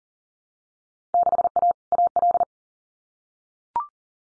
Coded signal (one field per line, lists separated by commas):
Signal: Morse code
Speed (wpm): 40 wpm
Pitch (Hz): 700 Hz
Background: none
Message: 6A AL